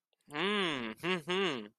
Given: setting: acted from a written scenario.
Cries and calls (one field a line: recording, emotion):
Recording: vocal sound without words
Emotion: pride